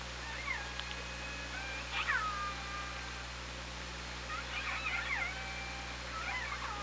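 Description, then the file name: Killer whale pulsed calls, several harmonic calls sweeping up and down, some rising then falling sharply, in irregular bursts over steady hiss and low hum. Recorded by OrcaLab hydrophone on 24 August 2017 at 17:29. "Orca Lab 20170824 172908"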